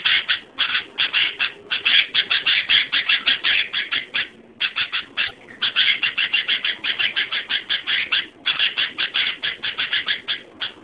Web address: suara kutilang asli. burung kutilang